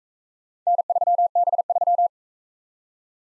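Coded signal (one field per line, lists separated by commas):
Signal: Morse code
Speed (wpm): 41 wpm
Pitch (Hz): 700 Hz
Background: none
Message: N3B3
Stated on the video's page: Speed-racing Morse practice of four-character letter-number groups, starting fast and slowing to a 28 wpm base speed.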